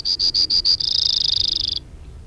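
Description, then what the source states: Brewer's sparrow song: five separate high, even notes, then a long, fast buzzy trill on a slightly lower pitch lasting about a second. Quiet background. Recorded 2 June 2001.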